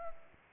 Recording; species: mosquito wingbeat signal from an infrared sensor; Anopheles arabiensis